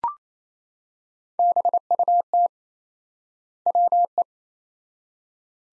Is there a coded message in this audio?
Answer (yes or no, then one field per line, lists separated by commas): yes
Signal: Morse code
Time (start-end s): 1.4-4.2 s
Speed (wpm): 28 wpm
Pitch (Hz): 700 Hz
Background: none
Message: BUT WE